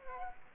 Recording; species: mosquito wingbeat signal from an infrared sensor; Culex quinquefasciatus